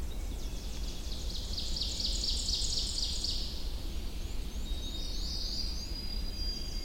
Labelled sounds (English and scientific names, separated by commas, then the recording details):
Ovenbird (Seiurus aurocapilla) song
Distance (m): 60 m
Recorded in boreal forest in Alberta, Canada, on 21 June 2016 at 06:53
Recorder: SongMeter 3, array SBT-6-81
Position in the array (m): 40 m, 88 m
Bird 24